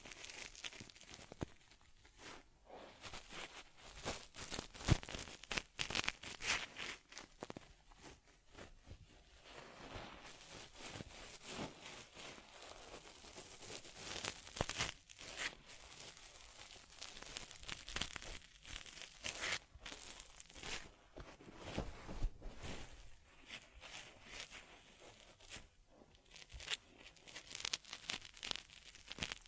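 Fur combing on a teddy bear makes a busy stream of soft bristly strokes and crinkling scratches that runs for the whole clip. The strokes come in quick, uneven bursts with short pauses, brightest in their hissing upper edge, with occasional sharper crunches.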